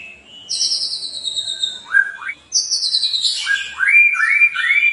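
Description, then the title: White-rumped shama song: high sliding whistles followed by upswept notes and rich warbled phrases, over a soft background hiss. Lure recording meant to make a shama sing and respond; bird described as singing persistently (gacor). "PANCINGAN MURAI BATU GACOR"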